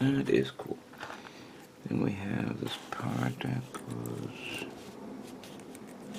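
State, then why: Seated. Someone talks while a small plastic part of the inner frame of a Real Grade Gundam Epyon model kit, a Santa Claus custom build, is pushed through an opening in the waist/torso inner frame. A sharp tick at 5.8 s marks the part locking into place, and it is seated.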